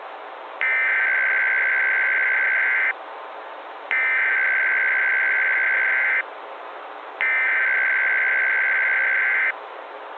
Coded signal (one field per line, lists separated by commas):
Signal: Emergency Alert System (SAME) tones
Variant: header bursts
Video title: EAS Scenario / Analog & Digital Horror - The Wrath Of Black Doom